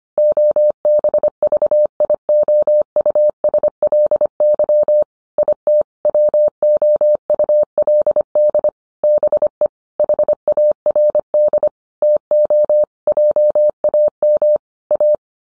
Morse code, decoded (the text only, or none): OBVIOUSLY IT WOULD BE HARD TO JAM A